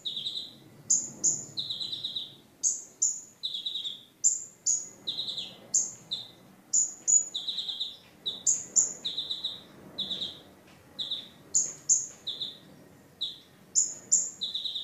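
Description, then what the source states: Oriental magpie-robin song: loud whistled phrases alternating high notes near the top and lower slurred notes, repeated in quick bursts throughout with brief pauses. Chirping.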